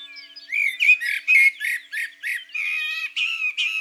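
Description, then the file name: Common blackbird song: a run of loud, rich, harmonic phrases with harsh scratchy edges, sung in quick bursts after a quiet start. In the countryside. "Merle noir Chants doiseaux dans la campagne"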